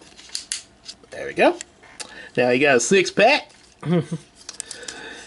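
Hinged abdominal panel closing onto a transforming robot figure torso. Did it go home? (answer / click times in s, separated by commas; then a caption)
yes / 0.5 s. The hinged abdominal chest panel of a plastic transforming robot action figure is closed back over the torso and snaps shut with a sharp click at 0.5 s, seating in place. Someone talks afterward, and a few light clicks are heard between 4.5 and 4.9 s.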